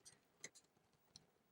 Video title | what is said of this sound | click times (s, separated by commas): Reolink RLC-822A 4K PoE Security Camera Unboxing and Overview | and it will kind of click in place then I'll replace the cover | 0.4 s